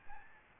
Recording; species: mosquito wingbeat signal from an infrared sensor; Aedes albopictus